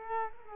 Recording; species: mosquito wingbeat signal from an infrared sensor; Culex quinquefasciatus